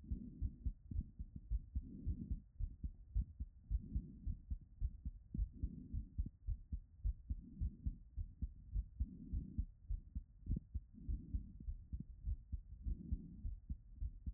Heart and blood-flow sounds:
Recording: heart sounds by stethoscope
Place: Erb's point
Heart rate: 103 bpm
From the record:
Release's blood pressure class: elevated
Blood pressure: 126/70 mmHg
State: after exercise

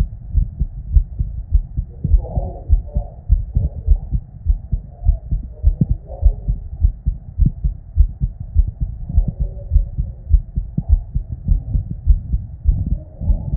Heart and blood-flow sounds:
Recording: heart sounds by stethoscope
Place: Erb's point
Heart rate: 99 bpm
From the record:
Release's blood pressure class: normal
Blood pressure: 112/60 mmHg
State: at rest

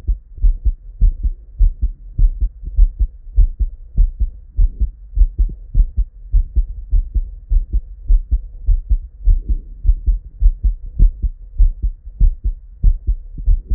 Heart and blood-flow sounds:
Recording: heart sounds by stethoscope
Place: Erb's point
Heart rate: 102 bpm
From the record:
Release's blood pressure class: normal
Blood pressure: 114/71 mmHg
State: at rest

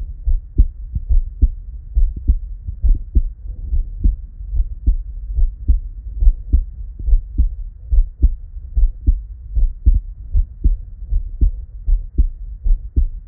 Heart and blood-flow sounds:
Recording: heart sounds by stethoscope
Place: Erb's point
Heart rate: 72 bpm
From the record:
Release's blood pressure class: normal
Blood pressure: 107/64 mmHg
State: at rest

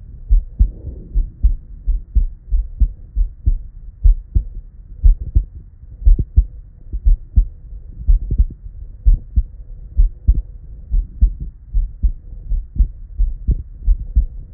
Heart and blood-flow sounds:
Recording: heart sounds by stethoscope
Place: Erb's point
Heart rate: 65 bpm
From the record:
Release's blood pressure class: normal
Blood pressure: 109/49 mmHg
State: at rest

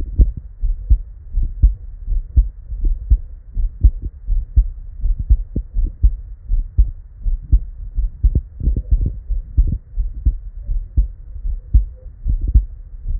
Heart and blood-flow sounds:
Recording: heart sounds by stethoscope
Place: Erb's point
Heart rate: 81 bpm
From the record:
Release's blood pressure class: normal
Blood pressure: 117/57 mmHg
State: at rest

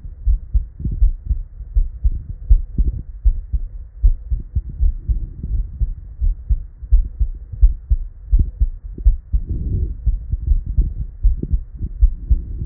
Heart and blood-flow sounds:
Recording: heart sounds by stethoscope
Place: Erb's point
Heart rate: 80 bpm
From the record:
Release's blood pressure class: normal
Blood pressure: 115/51 mmHg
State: at rest

